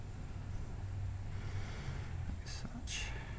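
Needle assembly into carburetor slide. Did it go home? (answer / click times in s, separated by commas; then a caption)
no / none. A carburetor needle and its small clip are being worked into the carburetor slide so the clip sits on its matching indent. A steady low hum runs throughout, with two short hissy bursts near 2.5 s and 2.9 s. Nothing has seated or clicked yet.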